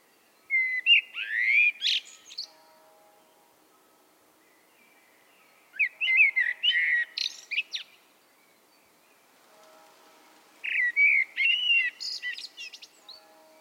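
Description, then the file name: Common blackbird song in three phrases, each a warbled fluty opening followed by a high twittering end, with a faint low hum beneath. "Turdus merula"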